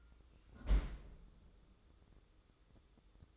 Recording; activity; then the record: daily activity, microphone in the room; close fridge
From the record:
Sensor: 3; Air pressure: 995.2 hPa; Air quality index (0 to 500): 79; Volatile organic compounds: 6 ppm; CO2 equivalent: 1874 ppm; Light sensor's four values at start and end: 20/57/24/21 and 20/57/24/21